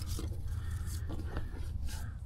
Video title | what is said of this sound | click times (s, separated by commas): MHD ECA Install on X3 M40i (Gen 2 B58) Step by Step DIY | Oh, click that in. Hear that click? | 1.4 s